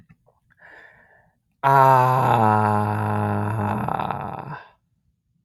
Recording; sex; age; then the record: vowel held as long as possible; male; 18 to 19 years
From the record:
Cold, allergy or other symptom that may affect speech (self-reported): no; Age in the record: 19 years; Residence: Illinois, United States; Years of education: 13